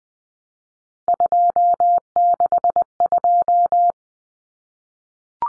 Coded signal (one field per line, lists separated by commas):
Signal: Morse code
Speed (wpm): 20 wpm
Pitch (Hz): 700 Hz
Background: none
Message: 262